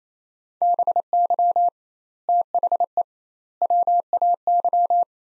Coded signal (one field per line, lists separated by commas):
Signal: Morse code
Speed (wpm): 28 wpm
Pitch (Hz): 700 Hz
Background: none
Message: BY THE WAY